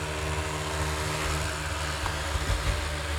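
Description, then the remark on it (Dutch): An electric kettle heating water with its lid open in a studio, a small measuring device held near it, gives a steady, unbroken rushing hiss with a low, droning hum beneath it. It stays at an even loudness throughout, with no voices. “Kijk, de waterkoker staat aan en je hebt het apparaatje er dichtbij gehouden.”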